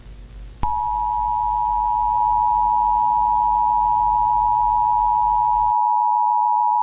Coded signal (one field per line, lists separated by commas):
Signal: Emergency Alert System (SAME) tones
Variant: 853 and 960 Hz attention tone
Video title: EAS Scenario #2: Astro Zombies [Spring Fling entry]